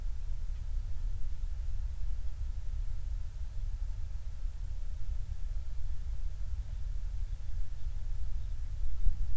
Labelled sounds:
near silence
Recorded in the Prudhoe Bay oil fields, Alaska, on 28 July 2019 at 05:19
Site 25

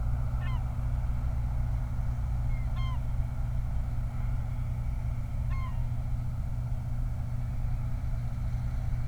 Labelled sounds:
bird
vehicle
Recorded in the Prudhoe Bay oil fields, Alaska, on 29 July 2019 at 03:59
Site 29

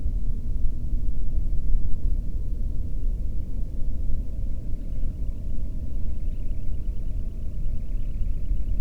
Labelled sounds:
bird
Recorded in the Prudhoe Bay oil fields, Alaska, on 13 June 2019 at 00:36
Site 30

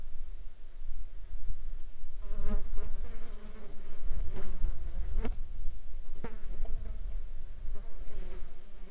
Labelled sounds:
insects
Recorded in the Arctic National Wildlife Refuge, Alaska, on 16 July 2019 at 11:24
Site 35

